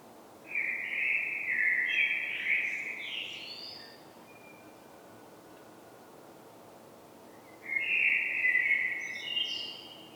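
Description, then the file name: Common blackbird, two fluting song phrases several seconds apart, each finishing with squeaky high notes; quiet background between. "Turdus merula"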